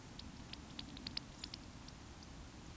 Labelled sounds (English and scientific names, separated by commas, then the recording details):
Eurasian Woodcock (Scolopax rusticola) whistle
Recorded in Baden-Württemberg, Germany, on 19 June 2020 at 20:02 UTC
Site 44397, 226 m above sea level